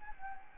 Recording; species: mosquito wingbeat signal from an infrared sensor; Anopheles gambiae